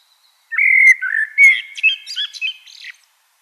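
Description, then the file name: Common blackbird song: a mellow fluted warble that slides between low whistled notes, then breaks into thinner, higher squeaky twitters before fading. "Turdus merula"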